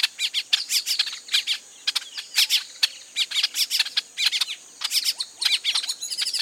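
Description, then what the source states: Carib grackles giving a busy flock chorus of clipped squeaks and scratchy chacks, many birds calling over one another almost continuously. Recorded 29 June 2008.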